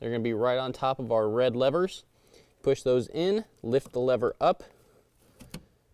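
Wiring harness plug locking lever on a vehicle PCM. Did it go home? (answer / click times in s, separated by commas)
released / 5.5 s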